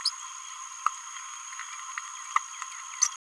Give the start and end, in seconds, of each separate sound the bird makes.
0.86-0.89, 2.36-2.38